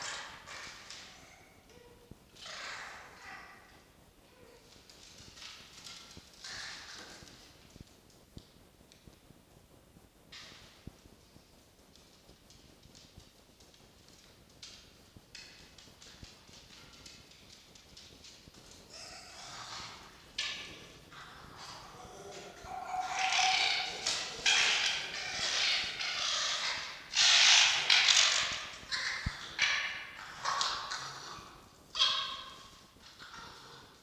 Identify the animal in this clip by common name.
Red Fox